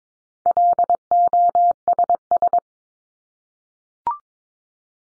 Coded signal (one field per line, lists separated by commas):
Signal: Morse code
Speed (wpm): 22 wpm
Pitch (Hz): 700 Hz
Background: none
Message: LOSS